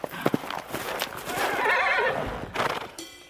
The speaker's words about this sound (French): Léa siffle. Un hennissement lointain lui répond. Un instant plus tard, Ablut, son fidèle poney, arrive au galop.